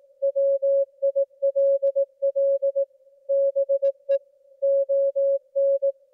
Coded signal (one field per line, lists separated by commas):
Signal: Morse code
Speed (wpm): 18 wpm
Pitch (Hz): 550 Hz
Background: music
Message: WILL BE ON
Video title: 2024-05-30 22:57 ET = W1AW CW broadcast (partial)